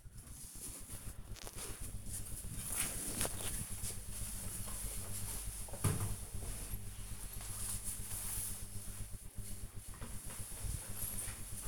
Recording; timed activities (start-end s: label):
household activities, microphone on the right wrist
none